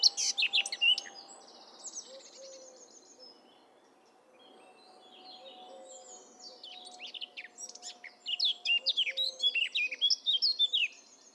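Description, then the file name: Eurasian blackcap warbling in two lively bursts of quick, chattering notes with a quiet gap between them, over a steady faint hum and soft low whistles. "Sylvia atricapilla"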